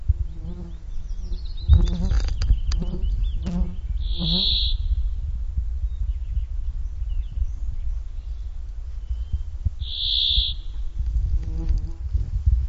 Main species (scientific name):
Fringilla montifringilla